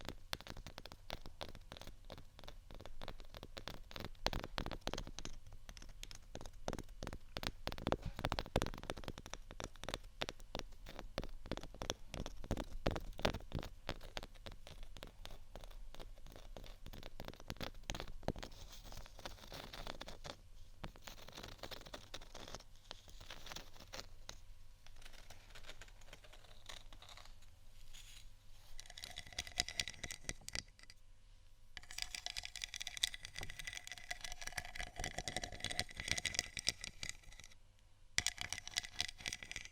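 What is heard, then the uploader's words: Scratching and tapping on textured items, with dense runs of quick clicks and scrapes through the first half, rising in a busy stretch around eight to thirteen seconds. Later the sound turns brighter and hissier, with rough scraping bursts near thirty seconds and a few brief pauses. Scratch & Tap On Textured Items & beat.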